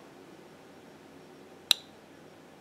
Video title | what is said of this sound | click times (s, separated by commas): Zero Tolerance 0452CF & 0454 204P - Trouble in Paradise: Part 1 | and you may have actually heard that click that time it was a little louder so so now no problem again | 1.7 s